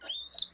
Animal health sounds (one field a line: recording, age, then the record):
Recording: pig call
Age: piglet (1 to 25 days)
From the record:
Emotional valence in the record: negative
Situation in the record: restrain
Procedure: sham castration, cut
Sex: male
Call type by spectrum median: high-frequency call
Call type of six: high-frequency stable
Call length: 0.53 s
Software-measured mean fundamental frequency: 114 Hz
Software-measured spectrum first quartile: 3893 Hz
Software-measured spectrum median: 3999 Hz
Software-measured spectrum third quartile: 4148 Hz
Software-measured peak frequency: 3999 Hz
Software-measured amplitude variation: 243 dB a second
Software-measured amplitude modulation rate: 14.1 a second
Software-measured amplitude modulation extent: 17.2 dB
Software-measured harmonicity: 29.1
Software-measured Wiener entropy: -4.29